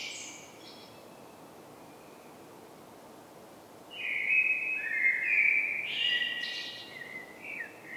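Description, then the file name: Common blackbird singing: a faint high twitter at the start, then after a quiet gap a long rich fluted warble with high squeaky notes woven through it. "Turdus merula"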